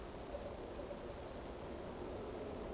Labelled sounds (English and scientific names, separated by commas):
Eurasian Woodcock (Scolopax rusticola) whistle